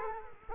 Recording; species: mosquito wingbeat signal from an infrared sensor; Culex quinquefasciatus